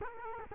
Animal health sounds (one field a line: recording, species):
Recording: mosquito wingbeat signal from an infrared sensor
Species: Culex quinquefasciatus